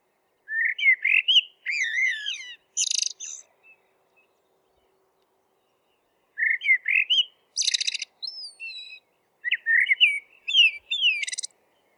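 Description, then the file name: Eurasian blackbird song: warbling fluted phrases mixed with harsh high twitters, in three bouts with a long pause after the first. "merel zang"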